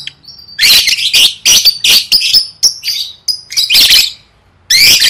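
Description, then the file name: Lovebird chirps: piercing, grating notes with thin whistles, delivered in a fast stuttering series, then a pause and a final harsh burst. "tieng vet mau don"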